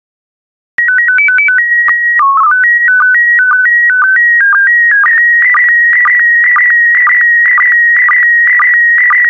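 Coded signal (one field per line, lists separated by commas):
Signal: SSTV (slow-scan television)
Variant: PD 120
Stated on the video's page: SSTV practice images in PD120 mode, made for decoding practice.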